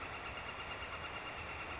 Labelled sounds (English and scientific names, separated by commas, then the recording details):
Northern Flicker (Colaptes auratus)
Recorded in Sonoma County, California